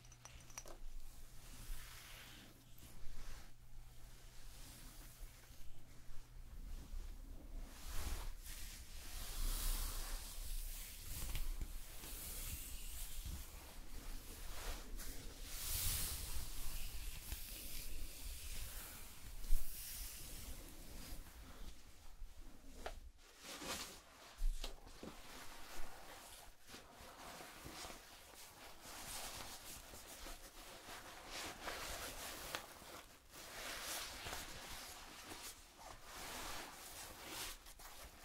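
Hair salon sounds: a steady, dense bed of soft rustling and scraping runs throughout, with frequent quick, bright snips and brushes. A low hum sits underneath for the first six seconds, and a sharper knock stands out near nineteen seconds.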